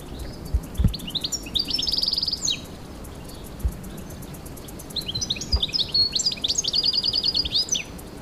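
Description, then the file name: European goldfinch song: two bursts of bright tinkling, twittering notes with buzzy trilled sections, separated by a pause, over a background of low thumps. "Carduelis carduelis"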